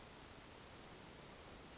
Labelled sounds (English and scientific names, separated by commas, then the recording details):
Hermit Thrush (Catharus guttatus)
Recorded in Sonoma County, California